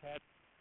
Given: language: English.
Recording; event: throat vibration sensor signal played as sound; speech